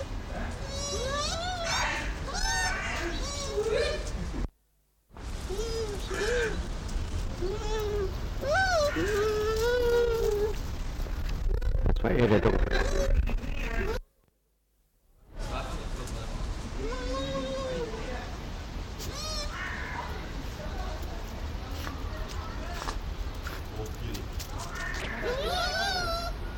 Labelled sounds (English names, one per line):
Bush Dog